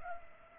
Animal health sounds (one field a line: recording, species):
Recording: mosquito wingbeat signal from an infrared sensor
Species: Culex pipiens